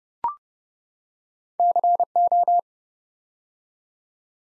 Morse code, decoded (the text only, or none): CO